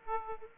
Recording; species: mosquito wingbeat signal from an infrared sensor; Aedes aegypti